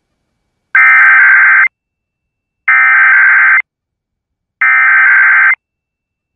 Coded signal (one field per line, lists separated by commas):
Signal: Emergency Alert System (SAME) tones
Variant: header bursts